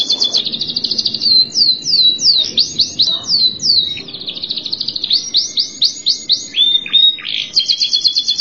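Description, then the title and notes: Canary pouring out a varied song: rattling trills, repeated swooping notes, then a long thin whistle and rapid closing trill. "Suara Burung Kenari"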